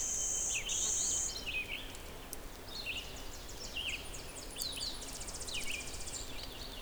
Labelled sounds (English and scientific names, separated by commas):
Red-eyed Vireo (Vireo olivaceus) song